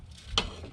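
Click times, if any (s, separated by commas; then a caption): 0.4 s. An aluminum mesh gutter guard panel is pushed into the lip of a roof gutter over a low rustling background, and a single sharp snap rings out at 0.4 seconds. The panel snaps easily into place and is seated.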